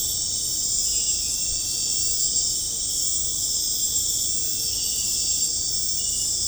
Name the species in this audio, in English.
none